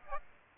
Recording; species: mosquito wingbeat signal from an infrared sensor; Aedes aegypti